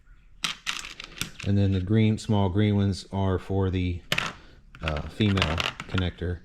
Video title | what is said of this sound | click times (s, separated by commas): Mahindra 6075 Cab 3rd Function Install (WR Long)Sold | these snap into place right here | 0.5 s